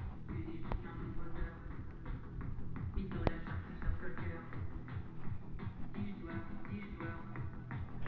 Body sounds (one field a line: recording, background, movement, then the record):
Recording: deep breathing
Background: music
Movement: walking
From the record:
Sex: male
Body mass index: 20.5 kg/m2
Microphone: on the chest, facing the body